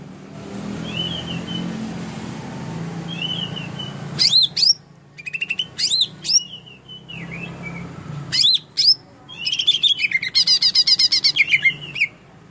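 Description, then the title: Leafbird song: soft warbled phrases, then loud upslurred whistles in bursts and a fast rattling series of sharp notes near the end, over a low steady hum. Recorded in Kalimantan in 2014; local name cucak ijo. "Suara Burung Cucak Ijo 2014 Kalimantan"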